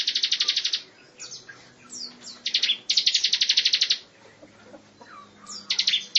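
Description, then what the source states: Lovebird delivering long, evenly pulsed buzzy trills lasting up to a second, separated by softer chirps and short whistled notes. Lovebird long trill (ngekek panjang); ciblek also mentioned.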